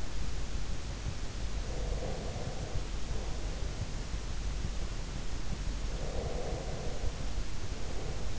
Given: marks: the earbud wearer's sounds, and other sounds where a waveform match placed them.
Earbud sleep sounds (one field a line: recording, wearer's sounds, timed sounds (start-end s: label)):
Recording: sounds in sleep by an in-ear microphone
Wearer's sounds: breath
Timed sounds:
1.60-3.19 s: breath
6.05-8.39 s: breath